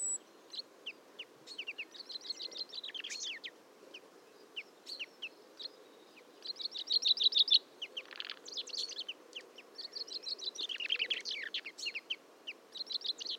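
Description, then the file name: Common chaffinch calls among a busy chorus of several songbirds: short high downslurred chirps and quick trills, densest and loudest around the middle and near the end. "Fringilla coelebs"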